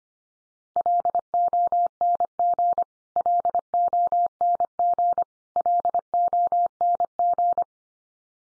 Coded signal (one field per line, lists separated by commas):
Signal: Morse code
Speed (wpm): 25 wpm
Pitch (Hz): 700 Hz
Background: none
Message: LONG LONG LONG